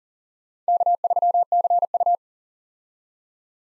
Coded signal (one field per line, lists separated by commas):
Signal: Morse code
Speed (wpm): 40 wpm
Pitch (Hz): 700 Hz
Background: none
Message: K3CU